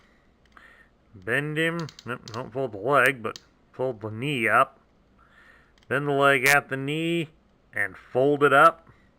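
Someone talks while folding the leg of a plastic G1 Cyclonus Targetmaster transforming robot figure at the knee, bringing the lower leg section up toward the top of the upper leg, with faint handling sounds under the speech. The clip ends before the part goes home; nothing has seated or clicked yet.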